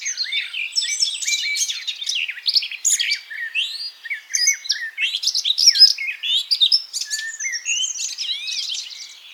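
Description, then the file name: Eurasian blackcap warbling continuously, a jumble of rapid twittering notes and sliding whistles that keeps going without a break for the whole stretch. "Sylvia atricapilla"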